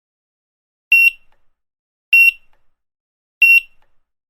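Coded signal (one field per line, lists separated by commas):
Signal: none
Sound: checkout scanner beeps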